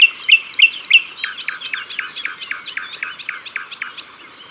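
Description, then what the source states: Common nightingale singing: four loud notes, then a fast, even run of many downslurred notes fading away. Recorded at the water's edge.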